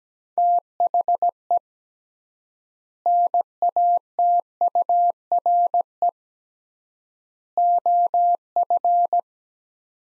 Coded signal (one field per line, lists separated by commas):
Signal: Morse code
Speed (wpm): 17 wpm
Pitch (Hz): 700 Hz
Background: none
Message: THE NATURE OF